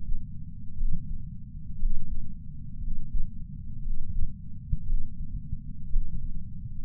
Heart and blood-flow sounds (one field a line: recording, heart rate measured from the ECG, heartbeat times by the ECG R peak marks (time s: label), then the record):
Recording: heart sounds by patch sensor on the chest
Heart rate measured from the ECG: 58 bpm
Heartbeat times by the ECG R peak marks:
0.74 s: heartbeat
1.76 s: heartbeat
2.78 s: heartbeat
3.79 s: heartbeat
4.83 s: heartbeat
5.87 s: heartbeat
From the record:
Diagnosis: coronary artery disease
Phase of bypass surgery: postoperative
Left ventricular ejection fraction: 61.7%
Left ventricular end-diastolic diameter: 51 mm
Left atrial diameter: 37 mm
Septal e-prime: 6.5 cm/s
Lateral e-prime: 9.2 cm/s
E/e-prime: 11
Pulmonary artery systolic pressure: 22 mmHg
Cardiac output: 4.8 L/min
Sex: male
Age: 59 years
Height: 168 cm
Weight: 81 kg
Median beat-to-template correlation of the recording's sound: 0.85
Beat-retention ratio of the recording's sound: 1.00